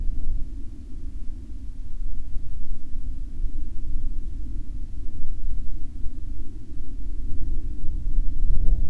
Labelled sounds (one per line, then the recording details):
aircraft
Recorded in the Prudhoe Bay oil fields, Alaska, on 11 July 2019 at 03:58
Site 17